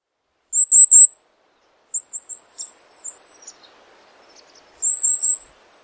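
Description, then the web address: Bird chirps: very high, thin notes in three brief bursts, a quick trio early on, a scattered run near the middle, and another cluster near the end, with quiet between. "cianscape. Deverinetal 2025. Bird Only"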